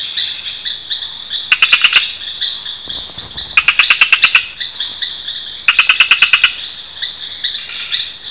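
Madagascar frog Gephyromantis salegy giving short trains of rapid clicking pulses, each burst under a second long and repeated roughly every two seconds, over a dense insect chorus.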